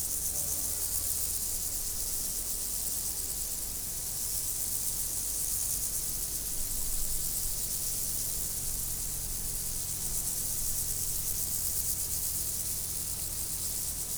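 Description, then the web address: Insects form a steady, finely pulsing high chorus, with a low hum running underneath for the whole stretch. Insects in nature, 2014. "allathangok termeszetben rovarok 2014"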